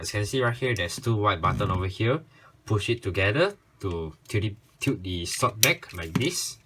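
Someone talks while pressing two white buttons together on a plastic Kamen Rider Ghost DX Gan Gun Saber, a four-mode transforming toy sword/gun, and folding the blade section back toward the body. Faint handling sounds come through between the words. The clip ends before the part locks, so nothing has seated or clicked yet.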